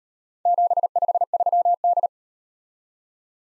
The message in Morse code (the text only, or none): 753D